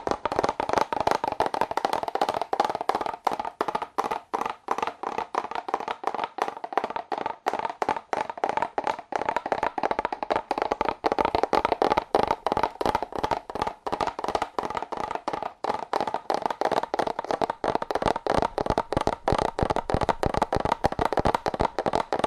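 Fast, aggressive tapping on cardboard runs nonstop for the whole stretch, a dense stream of sharp, papery knocks with a hollow midrange ring. The rhythm is quick and uneven, with brief clusters and tiny gaps, and the level stays steady throughout.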